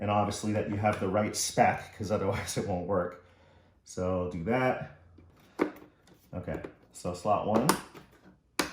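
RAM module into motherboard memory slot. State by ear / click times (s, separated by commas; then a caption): seated / 8.6 s. A RAM module is pressed into slot 1 of a rack-mount desktop computer's motherboard while someone talks. After a few quieter handling taps, a sharp snap at 8.6 seconds marks the module seating in the slot.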